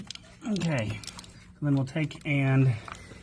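An injector wiring harness connector is handled at a Holders diesel fuel injector on a 2003 6.0L Powerstroke, with the slot in the bottom of the harness lined up so it goes on only one way. Someone talks over faint handling noises. Nothing has seated or clicked yet.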